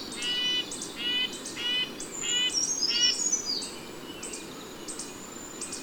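Bird song of ringing harmonic notes mixed with very high sharp whistles, repeated roughly every half second at first, then sparser, against constant low environmental noise.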